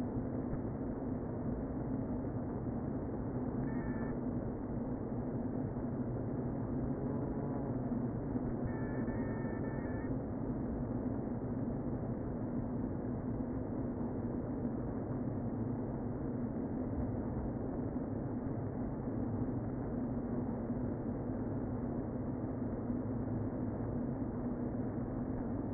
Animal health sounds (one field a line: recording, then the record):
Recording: honeybee colony, microphone inside the hive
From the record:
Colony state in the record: queen present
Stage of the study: before two queens were removed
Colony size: about 60,000 bees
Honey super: yes